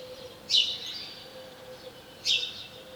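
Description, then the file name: House sparrow calls, two loud clipped chirps about two seconds apart over soft ongoing twittering and a faint steady hum. "Passer domesticus"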